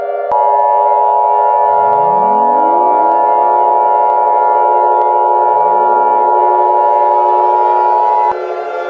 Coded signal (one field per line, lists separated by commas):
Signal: Emergency Alert System (SAME) tones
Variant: 853 and 960 Hz attention tone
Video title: EAS Colorful Tornado Warning (for @KittyUZutty)